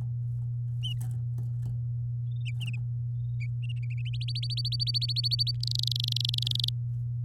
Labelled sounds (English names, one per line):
Domestic Canary song